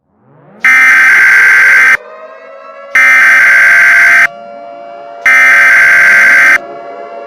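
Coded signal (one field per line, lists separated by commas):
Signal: Emergency Alert System (SAME) tones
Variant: header bursts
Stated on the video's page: Fictional EAS scenario about a deadly virus.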